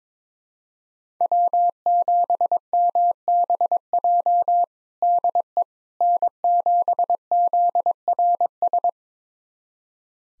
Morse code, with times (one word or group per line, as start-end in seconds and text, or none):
1.2-4.6 W7MBJ
5.0-5.6 DE
6.0-8.9 N7ZRS